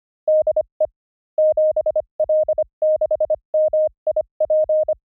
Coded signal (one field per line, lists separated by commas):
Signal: Morse code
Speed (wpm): 25 wpm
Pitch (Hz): 620 Hz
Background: none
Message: DE 7L6MIP